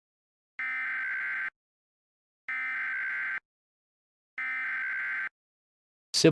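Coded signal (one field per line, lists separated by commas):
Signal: Emergency Alert System (SAME) tones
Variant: header bursts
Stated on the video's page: Mock EAS alert, not a real broadcast.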